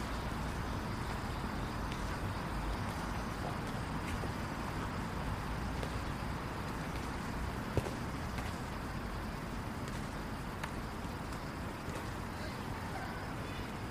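A downtown street on a rainy night, with a steady roar of passing traffic and wet road hiss filling the scene. The sound stays dense and even throughout, mostly low rumble, with faint clicks and one sharp tap near the eighth second.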